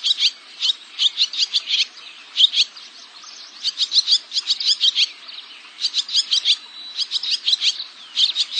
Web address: cotor. Barn Swallow